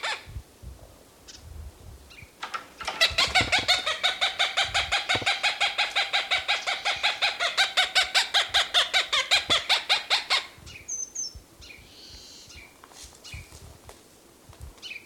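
Cooper's Hawk calling: a long fast run of harsh repeated notes lasting about seven seconds, with fainter scattered sounds before and after.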